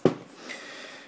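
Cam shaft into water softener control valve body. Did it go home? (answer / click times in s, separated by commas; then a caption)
yes / 0.1 s. A cam shaft is pushed down and forward with a little force into the plastic valve body of a water softener control valve, with the flap moved over. One loud, sharp click at 0.1 s shows the cam shaft snapping into place, then the sound fades to quiet. The cam shaft is seated.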